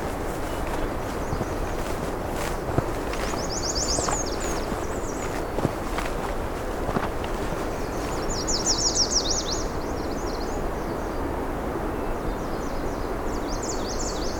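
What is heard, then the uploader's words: Birdsong on a warm June morning: bright, quick trilling phrases come in bursts around four, nine and thirteen seconds, high above a steady low rustle. A few sharp clicks and taps break through early on, like footsteps or handling. An unopened road allowance that follows the edge of the park property. It starts as a road but quickly gets much more narrow, with small cedars and shrubs crowding the trail in. I know this heads to a wetland, so I’m hoping to come across some new songs on this warm June morning.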